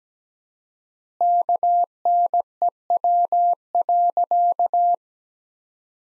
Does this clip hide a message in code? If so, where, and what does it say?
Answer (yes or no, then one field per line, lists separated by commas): yes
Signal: Morse code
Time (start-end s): 1.2-4.9 s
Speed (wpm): 17 wpm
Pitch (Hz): 700 Hz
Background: none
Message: KNEW.